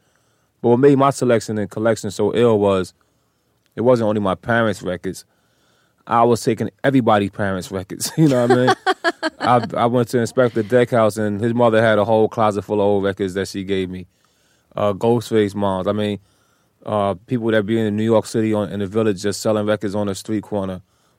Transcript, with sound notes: But what made my selection and collection so ill was it wasn't only my parents' records. I was taking everybody's parents' records, you know what I mean?
(Laughter).
I went to Inspectah Deck's house, and his mother had a whole closet full of old records that she gave me. Ghostface's mom's - I mean, people would out - being in New York City in the Village just selling records on the street corner.